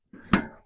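A wheel axle is popped into the quick-release wheel lock of a Pacycle e-bike trailer. After a soft low rustle from about 0.1 s, a sharp click sounds at 0.3 s and fades out by about 0.6 s. The wheel was not fully in at first, and a little push locks it into place.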